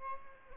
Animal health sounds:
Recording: mosquito wingbeat signal from an infrared sensor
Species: Aedes albopictus

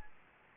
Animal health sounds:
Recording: mosquito wingbeat signal from an infrared sensor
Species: Anopheles gambiae

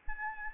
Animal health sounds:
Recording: mosquito wingbeat signal from an infrared sensor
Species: Aedes albopictus

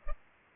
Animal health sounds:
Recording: mosquito wingbeat signal from an infrared sensor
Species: Culex pipiens

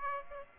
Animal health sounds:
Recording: mosquito wingbeat signal from an infrared sensor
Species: Aedes aegypti

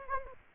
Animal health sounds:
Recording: mosquito wingbeat signal from an infrared sensor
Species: Anopheles gambiae

